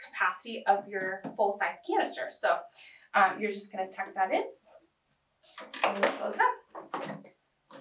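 A dust bag is tucked into its holder inside the canister of a Miele Complete C2 Hard Floor vacuum while someone talks throughout. Nothing has seated or clicked yet; the bag and holder are not yet pushed home when the clip ends.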